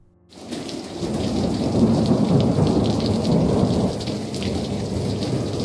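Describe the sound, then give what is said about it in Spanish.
Heavy rain pours in a dense, steady roar while deep thunder rumbles low and continuously beneath it, loud throughout after a brief quiet start, with no voices. It is a very strong, cold storm at 1:00 a.m. on 17 May. “Hoy, 17 de mayo, 1:00 a.m, una tormenta muy fuerte y fría.”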